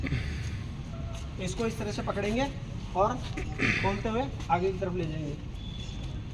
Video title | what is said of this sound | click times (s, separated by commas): Fire training at stardom resort Bhankrauta | जैसे ही press करेंगे lock हो जाएगा। निकलेगा नहीं। ठीक है? | 0.1 s